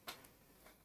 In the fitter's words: it's that way up and then it locks into place like this